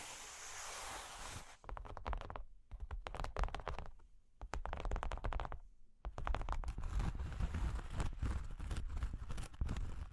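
Cork and wood being tapped and scratched. It opens with a steady bright hiss of rubbing for about a second and a half, then turns into dense bursts of quick clicks and scrapes, broken by short quiet gaps near 2.5 and 5.5 seconds.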